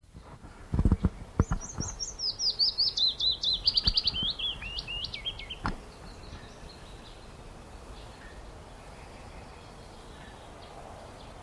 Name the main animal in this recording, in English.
Willow Warbler